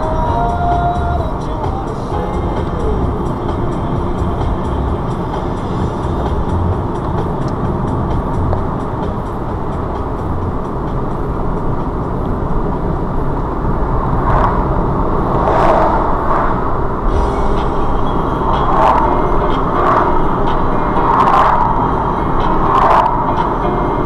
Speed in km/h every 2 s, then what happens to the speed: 34, 37, 35, 39, 39, 40, 44, 50, 56, 60, 60, 53.
0-11 steady at about 37. 11-18 speeds up to 60. 21-24 brakes to 53.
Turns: 3-9.